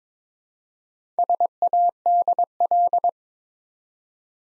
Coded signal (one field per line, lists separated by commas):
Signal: Morse code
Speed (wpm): 22 wpm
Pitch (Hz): 700 Hz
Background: none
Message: SADL